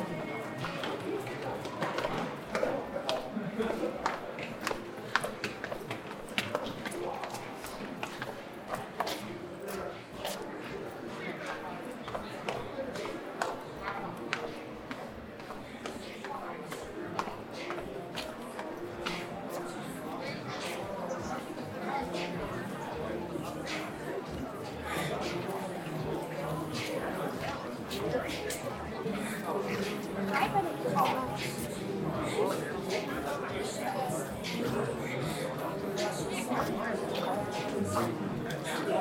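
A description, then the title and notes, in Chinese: Evening crowd in the Apple store at Sanlitun, Beijing: many voices talk over one another in a steady, dense murmur for the whole stretch. Frequent small clicks and taps, like footsteps and handled objects, dot the chatter without pause. 晚上八点的Apple店｜城市声音。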